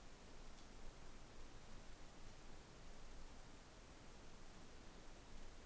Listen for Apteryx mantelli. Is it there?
no